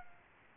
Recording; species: mosquito wingbeat signal from an infrared sensor; Aedes aegypti